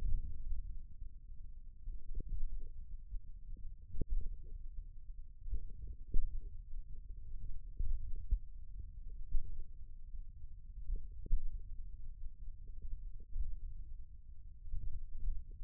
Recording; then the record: forearm muscle sounds (acoustic myography)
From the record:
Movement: thumb flexion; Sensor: system 1, eight BSWA MPA416 microphones around the upper forearm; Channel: 6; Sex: male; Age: 28 years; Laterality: right